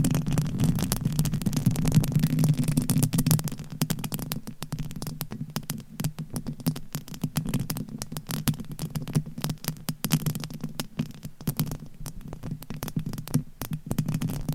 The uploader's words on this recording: ASMR Tapping and Scratching with 50 Different Mics , Items & Nails (No Talking).